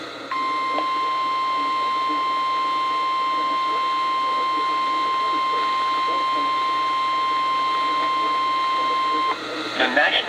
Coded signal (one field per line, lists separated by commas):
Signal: Emergency Alert System (SAME) tones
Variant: 1050 Hz attention tone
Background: speech